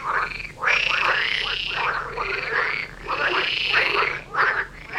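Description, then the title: Frogs calling together in a thick chorus, drawn-out rasping croaks that blend into a nearly continuous wash, briefly dipping a few times before swelling again. Frog chorus recorded near Vellerner Brook in Neubeckum at 2pm; binaural recording meant for headphones. "Frog concert near Vellerner Brook in Neubeckum - 2pm - binaural version"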